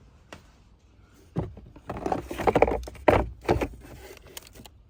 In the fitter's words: make sure it clicks in place all right put everything